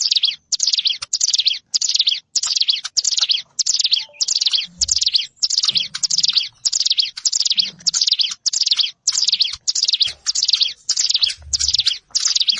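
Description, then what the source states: Plain prinia singing a long run of harsh, buzzy notes, each repeated at a quick even pace of roughly every 0.6 seconds. Recorded in a rice field (sawah).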